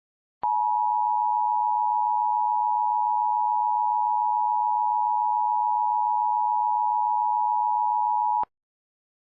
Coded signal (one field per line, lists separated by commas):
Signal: Emergency Alert System (SAME) tones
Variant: 853 and 960 Hz attention tone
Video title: EAS Mock: Nuclear Power Plant Warning?